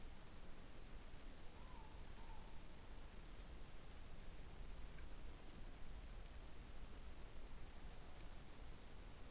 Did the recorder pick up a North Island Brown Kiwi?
no